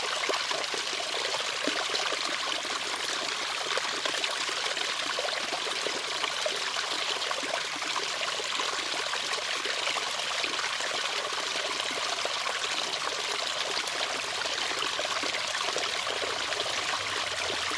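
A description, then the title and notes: Spring water runs from an old pipe into a stone basin, a steady splashing trickle that never lets up. The sound is bright and hissy with a fizzing, bubbling texture, dense and even in level across the whole stretch, with little low rumble beneath. Spring Water Collector [binaural]. A binaural spring water soundscape. Each week or so i look forward to visiting a local spring, where water flows out of an old pipe in the side of a hill, under a road, into a stone basin and out down into the fields.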